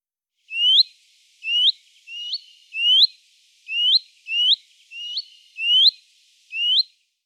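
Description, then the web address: Willow warbler calls: a series of nine rising hoo-eet notes. "IVN Zangvogels. Fitis"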